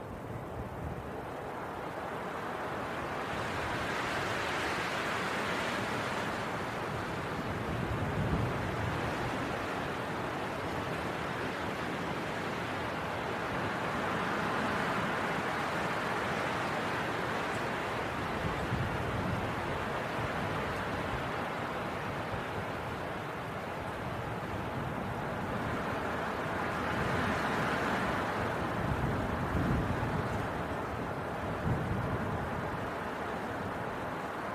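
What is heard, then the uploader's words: A winter wind storm roars steadily, swelling into stronger gusts around five, fifteen and twenty-eight seconds, with a deep rumbling underneath throughout. Winter Wind Storm.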